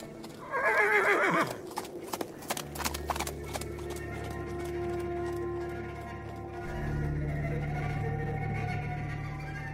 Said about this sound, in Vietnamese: Thế là gã mặc kệ mưa gió, tiến ra sau quán trọ, rồi leo lên một con ngựa ai đó đã sắp sẵn từ bao giờ. Gã điên cuồng thúc ngựa nhắm hướng làng mình mà chạy đi.